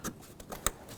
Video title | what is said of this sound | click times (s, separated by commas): How to Replace Timing Belt & Water Pump 2001-2007 Volvo V70 | Make sure it clicks. | 0.7 s